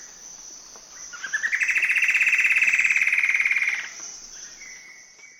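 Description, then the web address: Plumbeous antbird song: a rapid trill that rises at the start, then holds an even pitch for about two seconds before stopping. Eastern lowlands of South America. "Natures Songs S America Eastern Lowlands. Plumbeous Antbird"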